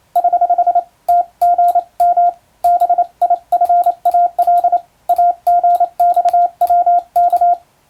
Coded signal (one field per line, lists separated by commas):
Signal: Morse code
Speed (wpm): 28 wpm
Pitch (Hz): 700 Hz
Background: none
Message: <HH> TGM BIFAL AGXWK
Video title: トンツーやってます！モールス符号を打ってみました！トン（短点）とツー（長点）の組み合わせで言葉になります。暗号を使うようでカッコいいかな？昭和に大流行しました morse code practice